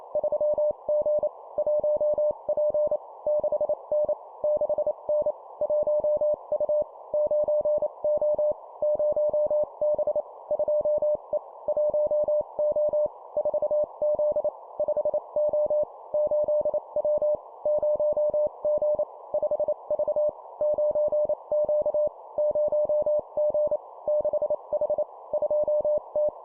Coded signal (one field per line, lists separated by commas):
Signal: Morse code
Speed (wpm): 28 wpm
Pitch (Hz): 600 Hz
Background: none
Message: 3G 1P 6N 6N 1U 9O 0B 2E 1O 4Z 5O 8W 0G 5V 9Q 0G 6H 2T